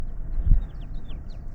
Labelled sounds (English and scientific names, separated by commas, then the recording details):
House Finch (Haemorhous mexicanus) song
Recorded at Oceanside on Long Island, New York, on 17 June 1975
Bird F